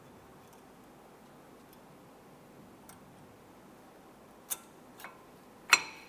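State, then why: Seated. A second brake pad is pushed into the caliper bracket clips on a 2007-2012 Nissan Versa, with faint ticks around 2.9 s and light clicks near 4.5 s and 5.0 s. A sharp, loud snap at 5.7 s marks the pad seating, leaving both pads locked into place.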